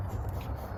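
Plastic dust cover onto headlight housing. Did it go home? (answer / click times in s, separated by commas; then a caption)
no / none. A plastic dust cover is being handled onto the back of a headlight housing on a 2011–2014 Ford Edge / Lincoln MKX, where it rotates clockwise to lock in and keep the elements out of the housing. Only a steady low rumble and faint handling noise are heard. Nothing has seated or clicked yet.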